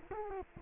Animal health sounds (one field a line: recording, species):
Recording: mosquito wingbeat signal from an infrared sensor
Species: Culex quinquefasciatus